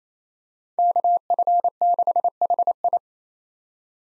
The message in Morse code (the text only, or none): KF6HI